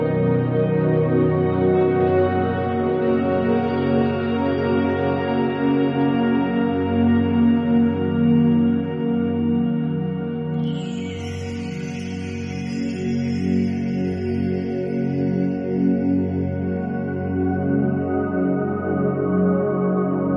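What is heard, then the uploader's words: Tibetan bowls ring in a dense, overlapping drone of low and middle tones that hold steady throughout. Around the eleven-second mark a brighter, shimmering bowl is struck, its high ringing tone sliding and slowly fading over the remaining seconds. 741Hz. Healing with Tibetan bowls.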